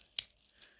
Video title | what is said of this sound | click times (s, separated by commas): Seiko 5 140th Anniversary Limited edition. | Click, nice click on the top there too as well. | 0.2 s